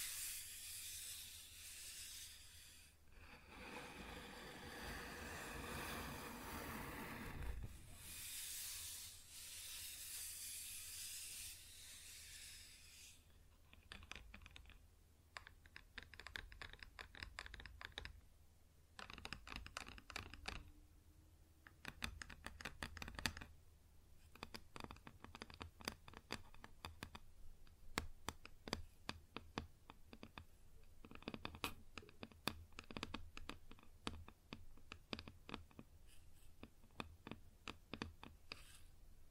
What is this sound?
Wood Surface Tapping & Scratching